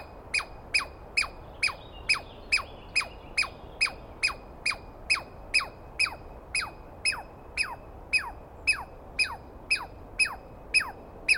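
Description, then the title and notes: Douglas squirrel calling insistently, a fast string of about two dozen harsh downslurred chirps, a little over two per second, over a low steady hiss. Douglas pine squirrel screaming at length at dawn on 21 April 2017 in the East Cascades, startling the recordist awake; identified by sound, not clearly seen. "On the morning of 21 April, 2017, I set up my microphones and recorder for a nice dawn recording in the East Cascades. I was started awake by a screaming Douglas Pine Squirrel"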